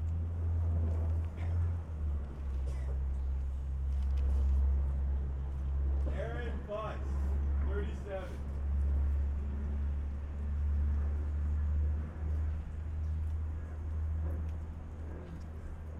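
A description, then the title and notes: Students gather at a school walkout under a steady low rumble, with murmuring voices and a louder raised voice calling out around six to eight seconds. National School Walkout: Garfield High School, Seattle, WA. The collective scratchy sound of humans trying to be quiet in the midst of city noise becomes more intense when listening back. Recording Method: DPA 4060 pair as binaural -> Sound Devices MixPre-3.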